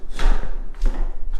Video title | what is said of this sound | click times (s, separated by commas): Equipment Defender Blower Rack Install | when it's locked into place just like | 0.2 s